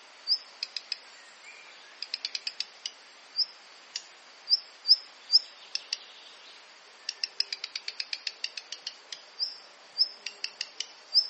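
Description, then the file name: Black redstart calls: clusters of rapid hard ticking notes alternate with single high, thin whistles, repeated irregularly over a soft hiss. "Phoenicurus ochruros - Black Redstart"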